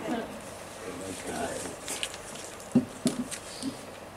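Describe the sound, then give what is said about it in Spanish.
Someone drinks water: a few short, soft gulps in an uneven rhythm, low and muffled, over a steady hiss of background noise. “Además de refrescar la mente, refrescar la boca, pues me ayuda muchísimo.”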